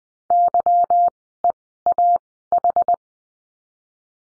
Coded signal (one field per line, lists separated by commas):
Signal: Morse code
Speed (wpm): 20 wpm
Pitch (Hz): 700 Hz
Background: none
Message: YEAH